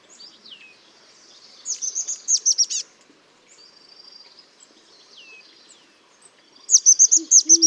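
Chestnut-backed chickadee giving high, thin, buzzy notes in quick stuttering bursts, two loud runs with fainter high notes between them and a brief low tone at the end.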